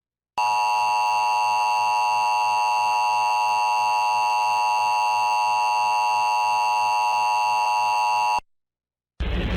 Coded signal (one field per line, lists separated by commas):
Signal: Emergency Alert System (SAME) tones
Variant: 853 and 960 Hz attention tone